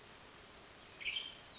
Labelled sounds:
Western Tanager
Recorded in Sonoma County, California

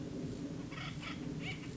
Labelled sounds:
Acorn Woodpecker
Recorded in Sonoma County, California

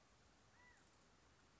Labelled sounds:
California Quail
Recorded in Sonoma County, California

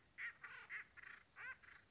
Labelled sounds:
Acorn Woodpecker
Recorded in Sonoma County, California

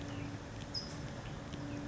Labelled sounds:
California Towhee
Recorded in Sonoma County, California

